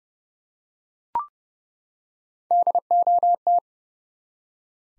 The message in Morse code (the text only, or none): DOT